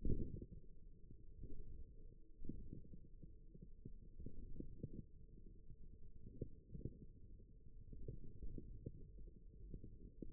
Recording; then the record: forearm muscle sounds (acoustic myography)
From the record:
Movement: radial deviation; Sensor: system 1, eight BSWA MPA416 microphones around the upper forearm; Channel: 3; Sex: male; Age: 54 years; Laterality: right